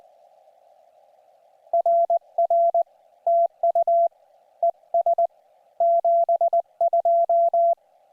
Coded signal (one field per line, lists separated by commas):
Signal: Morse code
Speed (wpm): 20 wpm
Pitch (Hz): 680 Hz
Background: none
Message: RR TU ES 72